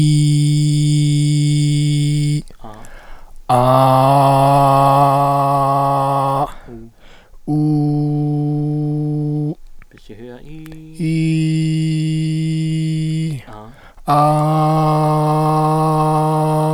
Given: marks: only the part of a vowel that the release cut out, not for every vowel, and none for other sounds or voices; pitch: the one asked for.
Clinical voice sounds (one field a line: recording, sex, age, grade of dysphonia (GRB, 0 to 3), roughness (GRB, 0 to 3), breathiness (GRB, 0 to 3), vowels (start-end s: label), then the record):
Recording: sustained vowels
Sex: male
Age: 50 to 59 years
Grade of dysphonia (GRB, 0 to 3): 3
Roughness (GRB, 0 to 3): 3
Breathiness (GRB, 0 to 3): 1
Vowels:
0.00-1.96 s: vowel /i/, normal pitch
4.03-5.97 s: vowel /a/, normal pitch
7.72-9.09 s: vowel /u/, normal pitch
11.44-12.90 s: vowel /i/, high pitch
14.46-16.35 s: vowel /a/, high pitch
From the record:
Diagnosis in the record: dysphonia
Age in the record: 50 years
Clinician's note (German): Ponogen